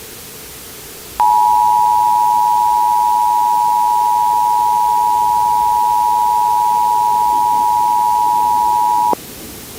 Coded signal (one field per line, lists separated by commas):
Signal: Emergency Alert System (SAME) tones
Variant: 853 and 960 Hz attention tone